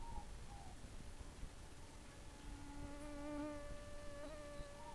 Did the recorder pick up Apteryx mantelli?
no